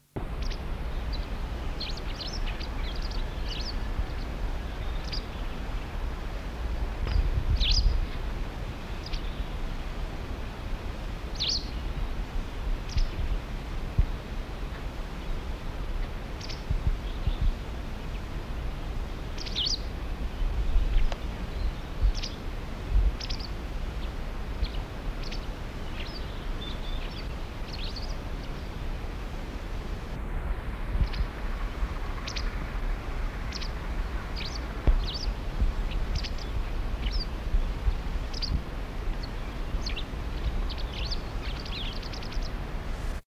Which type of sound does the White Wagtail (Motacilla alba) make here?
call